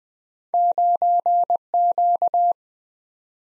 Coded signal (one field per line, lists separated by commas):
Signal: Morse code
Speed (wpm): 20 wpm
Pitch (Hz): 700 Hz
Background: none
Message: 9Q